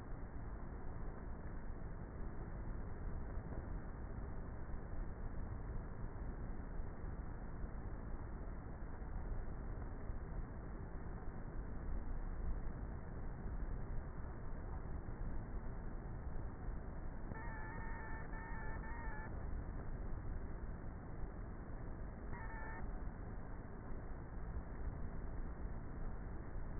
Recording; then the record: honeybee colony, microphone inside the hive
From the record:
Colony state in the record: queenless with a low population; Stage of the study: before two queens were removed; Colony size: about 30,000 bees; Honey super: no